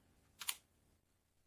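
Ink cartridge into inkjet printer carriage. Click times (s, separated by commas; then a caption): 0.5 s. An ink cartridge is pushed into the carriage of a Canon PIXMA E470 inkjet printer. A short bright transient at 0.4 s is followed by a sharp, louder click at 0.5 s, and the cartridge seats easily in place.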